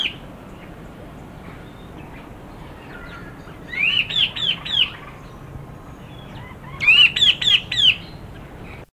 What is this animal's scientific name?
Trochalopteron erythrocephalum